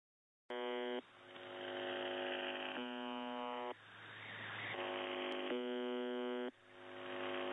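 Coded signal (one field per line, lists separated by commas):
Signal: channel marker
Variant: UVB-76 (The Buzzer)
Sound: three harsh one-second buzzes, with a rough warbling noise continuing between them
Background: radio static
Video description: no clue what is happening to the Buzzer this year.. it got some parasite on the carrier wave and now its even stopping transmitting the buzzer but the parasitic audio on it remains hearable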